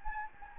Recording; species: mosquito wingbeat signal from an infrared sensor; Anopheles gambiae